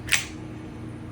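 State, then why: Seated. The steel slide of a CZ P-10 C pistol is pulled fully back on the frame during reassembly and released forward. A sharp click at 0.1 s marks it locking in place on its own without touching the takedown tabs, followed by a quiet low hum.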